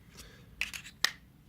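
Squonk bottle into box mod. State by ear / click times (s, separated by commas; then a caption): seated / 0.6 s, 1.0 s. A squeeze bottle for a squonk box mod is lined up and pressed into its bay or door on the mod. Sharp, loud clicks come at 0.6 s and 1.0 s, with softer rubbing between and after. The bottle clicks into place and is seated.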